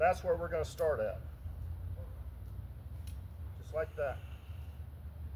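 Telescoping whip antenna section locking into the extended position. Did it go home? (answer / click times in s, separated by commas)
no / none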